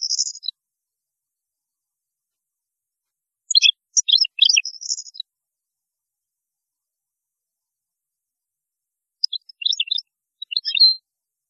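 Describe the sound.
European goldfinch song in three short bursts of tinkling, twittering notes high in pitch, separated by silent gaps of several seconds; no other sounds.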